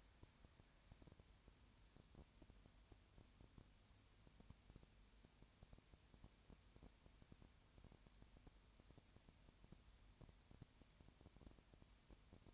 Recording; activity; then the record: daily activity, microphone in the room; no activity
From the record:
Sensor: 2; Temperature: 20.4 degrees Celsius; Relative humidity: 35.5%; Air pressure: 1007.1 hPa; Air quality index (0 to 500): 122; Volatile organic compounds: 2 ppm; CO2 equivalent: 1257 ppm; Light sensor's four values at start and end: 2/3/2/2 and 2/3/2/2